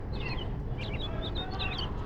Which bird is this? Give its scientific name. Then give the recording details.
Haemorhous mexicanus. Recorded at Valley Stream on Long Island, New York, on 17 June 1975. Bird AD